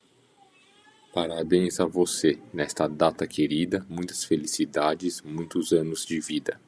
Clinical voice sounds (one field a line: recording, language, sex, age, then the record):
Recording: short text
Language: Brazilian Portuguese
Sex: male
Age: 30 to 39 years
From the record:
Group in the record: control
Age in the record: 39 years